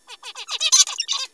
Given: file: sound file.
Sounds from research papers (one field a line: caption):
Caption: Original Recording of a zebra finch song.